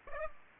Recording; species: mosquito wingbeat signal from an infrared sensor; Aedes aegypti